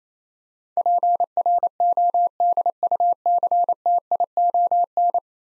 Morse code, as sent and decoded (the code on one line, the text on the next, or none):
.--. .-. --- -.. ..- -.-. - .. --- -.
PRODUCTION